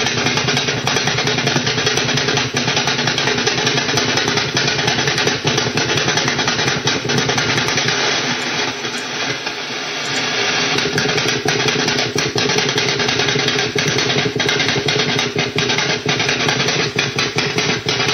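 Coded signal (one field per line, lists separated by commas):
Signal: radar signal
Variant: over-the-horizon radar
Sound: harsh rapid rhythmic tapping buzz, about 10 pulses a second, like an engine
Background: radio static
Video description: I caught this strange OTHR like signal while surfing the websdr site sounding very much like the old classic Russian Woodpecker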